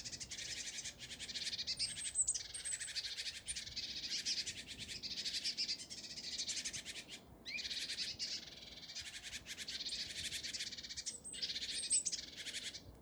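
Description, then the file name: Great tit making continuous scratchy buzzing calls in long runs with brief pauses, plus a few faint, very high thin whistles. "Parus major"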